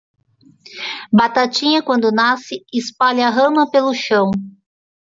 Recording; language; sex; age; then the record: short text; Brazilian Portuguese; female; 40 to 49 years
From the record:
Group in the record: control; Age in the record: 44 years